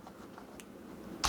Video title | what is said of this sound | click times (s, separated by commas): 7 Color Illuminated Silent Fenek Membrane Keyboard | I like the way it clicks in place. | 0.6 s